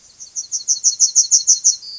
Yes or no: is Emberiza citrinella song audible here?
yes